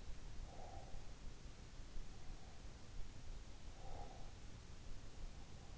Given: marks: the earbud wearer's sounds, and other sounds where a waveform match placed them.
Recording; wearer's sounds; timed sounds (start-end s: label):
sounds in sleep by an in-ear microphone; breath
0.41-1.42 s: breath
3.61-4.75 s: breath